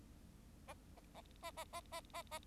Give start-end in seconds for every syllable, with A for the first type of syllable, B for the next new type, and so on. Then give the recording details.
0.68-0.74 A, 0.96-1.00 A, 1.14-1.21 A, 1.42-1.51 A, 1.57-1.64 A, 1.73-1.80 A, 1.92-2.01 A, 2.14-2.22 A, 2.31-2.39 A. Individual Bird4